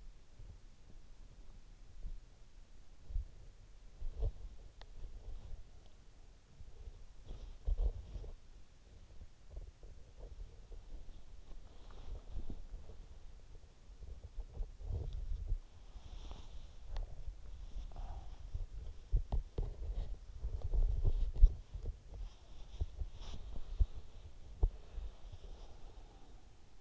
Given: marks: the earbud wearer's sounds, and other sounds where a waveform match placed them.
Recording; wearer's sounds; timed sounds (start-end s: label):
sounds in sleep by an in-ear microphone; body movement, breath
0.00-25.69 s: body movement
17.75-18.55 s: breath
24.63-26.81 s: breath